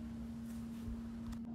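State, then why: Not seated. Plastic clips on an electric fan's front wire guard are handled while the guard is being refitted to the rear guard after cleaning. A steady low hum at about 220 Hz runs under faint rustling and a few soft handling bumps. No clip has snapped shut yet, and nothing has seated.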